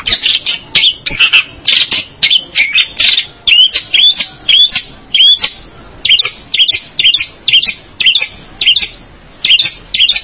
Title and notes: Suara burung pentet